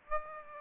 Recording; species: mosquito wingbeat signal from an infrared sensor; Aedes aegypti